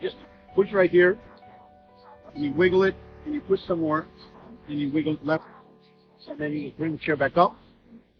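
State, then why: Not seated. Someone talks while working on a rear-facing child car seat, tightening it and pushing and wiggling the seat shell before bringing it back up toward its base, with soft music underneath. Nothing has seated or clicked yet; the shell is not yet locked into its base.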